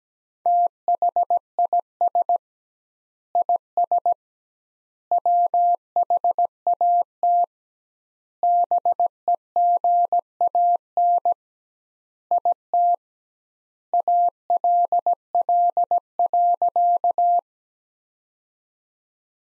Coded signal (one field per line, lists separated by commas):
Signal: Morse code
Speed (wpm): 17 wpm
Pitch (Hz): 700 Hz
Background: none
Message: THIS IS WHAT BEGAN IT ALL.